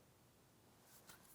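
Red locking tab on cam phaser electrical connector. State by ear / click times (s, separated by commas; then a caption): not seated / none. A red plastic locking tab on the cam phaser electrical connector of a 2007-2014 GMC Sierra 2500 HD 6.0L V8 is handled as it is pressed toward the cam phaser. Low, steady handling noise is heard, with brief soft broadband rustles near 0.9 s and 1.1 s. The tab has not snapped home yet and nothing has clicked.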